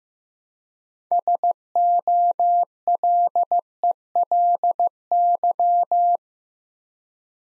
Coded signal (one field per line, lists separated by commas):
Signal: Morse code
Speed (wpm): 15 wpm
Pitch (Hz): 700 Hz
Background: none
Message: SOLELY